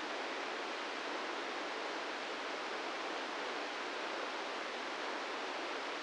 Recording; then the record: brain microelectrode recording played as sound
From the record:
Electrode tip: inside the subthalamic nucleus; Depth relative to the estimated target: -2 mm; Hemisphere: left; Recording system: NeuroSet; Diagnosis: Parkinson's disease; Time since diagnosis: 13 years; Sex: male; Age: 66 years